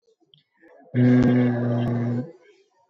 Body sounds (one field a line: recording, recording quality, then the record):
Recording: sustained vowel as in beet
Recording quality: moderate, slight background noise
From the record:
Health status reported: exposed to COVID-19, no respiratory illness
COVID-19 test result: negative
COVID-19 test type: RT-PCR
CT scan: not taken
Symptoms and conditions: cough, cold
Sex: male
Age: 28 years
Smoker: no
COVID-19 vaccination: both doses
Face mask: worn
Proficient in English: yes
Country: India